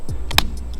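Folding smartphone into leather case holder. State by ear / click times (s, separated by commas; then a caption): seated / 0.4 s. A Xiaomi Mix Fold 2 folding smartphone is pressed into the snap-in holder inside its OEM leather clutch case. A faint tick at 0.3 s leads into a sharp, loud snap at 0.4 s, followed by softer ticks. The phone seats firmly in the holder.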